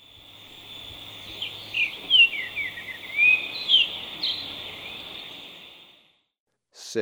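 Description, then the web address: Streaked saltator song, a run of bright slurred whistles rising and falling over several seconds, set against a steady high drone. In Ecuador. "Birds of Ecuador Streaked Saltator"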